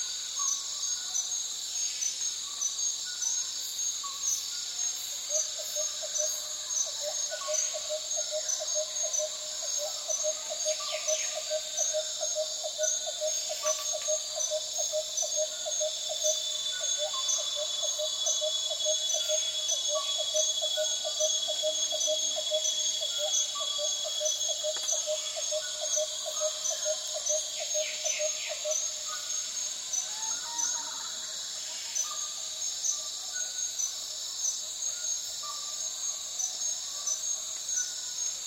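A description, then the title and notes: A barbet repeats a low, hollow note in a fast, even series from about five seconds to nearly thirty, then stops. Behind it, rainforest insects keep up a dense, steady, high-pitched shrill throughout, with a few faint chirps scattered across the clip. Borneo rainforest - Afternoon in the undergrowth. It's afternoon in Maliau Basin, deep in the rainforests of Borneo. A late Barbet sings its heart out while daytime insect calls are waning. Recorded in the Borneo rainforest with Sony PCM D10, Lom MikroUsi micropohones and BubbleBee Windbubbles.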